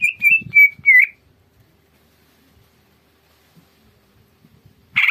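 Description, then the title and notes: Greater green leafbird song: a quick run of clear whistled notes, slightly wavering, then a long silence before a brief harsh burst at the end. Masteran and pancingan bird-training recording of a gacor greater green leafbird. "Masteran & Pancingan Cucak Ijo Gacor. Burung Cucak Ijo"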